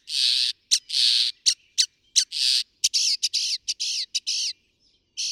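Northern mockingbird song of harsh, raspy bursts mixed with short sharp notes and quick buzzy phrases, changing style every few seconds.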